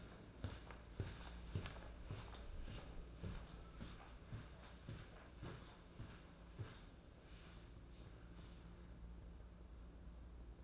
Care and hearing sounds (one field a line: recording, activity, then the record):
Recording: daily activity, microphone in the room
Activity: walk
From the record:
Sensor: 2